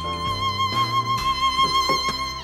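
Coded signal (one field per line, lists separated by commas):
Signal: none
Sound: violin notes in music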